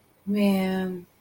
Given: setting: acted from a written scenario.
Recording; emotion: vocal sound without words; guilt